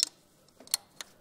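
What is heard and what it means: A metal camshaft locking pin is inserted into the hole in the camshaft hub and snaps home, with sharp metallic clicks at 0.0 s and 0.7 s and a fainter tick near 1.0 s. The pin locks in and fits perfectly.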